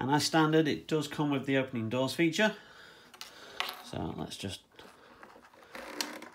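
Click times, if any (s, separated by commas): 6.0 s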